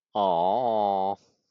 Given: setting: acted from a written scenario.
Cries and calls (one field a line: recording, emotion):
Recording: vocal sound without words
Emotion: adoration